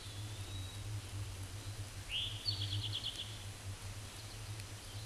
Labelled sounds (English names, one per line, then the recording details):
Eastern Towhee song
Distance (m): 35 m
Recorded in a Pennsylvania forest on 17 May 2023 at 12:52
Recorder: AudioMoth, point grid1_31_low
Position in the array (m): 112 m, 103 m